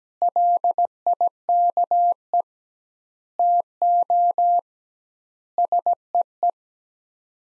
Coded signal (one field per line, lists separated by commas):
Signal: Morse code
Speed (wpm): 17 wpm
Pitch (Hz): 700 Hz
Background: none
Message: LIKE TO SEE